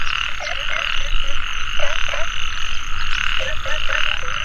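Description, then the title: Frogs calling in a loud throbbing chorus, several short croaks standing out against the steady drone. Frogs calling in a mountain valley at dusk; field recording. "傍晚山谷里的蛙和鸟齐鸣 声谷"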